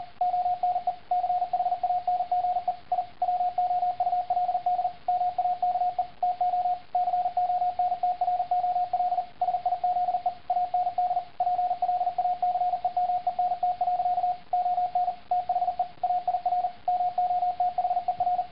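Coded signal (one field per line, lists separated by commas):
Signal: Morse code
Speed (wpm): 40 wpm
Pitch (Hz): 720 Hz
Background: radio noise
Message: ONE CHANGE I WOULD MAKE TO CONTROL SIZE AND PLACEMENT. ON THE AIR MOTHER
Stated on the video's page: Morse code generated by the Morse-it V2.0 app on iPhone.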